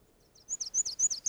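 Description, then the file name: High warbler notes, thin and slurred, repeating quickly and growing louder after a soft start. "Nashville Warbler - Leiothlypis ruficapilla"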